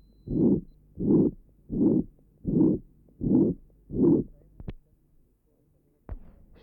Patient has a ventricular septal defect. Recording taken at left sternal edge. Pansystolic murmur.